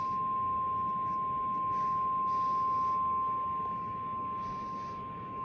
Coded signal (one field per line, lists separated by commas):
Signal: Emergency Alert System (SAME) tones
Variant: 1050 Hz attention tone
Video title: Winter Storm Watch EAS (Cox) 1/17/2024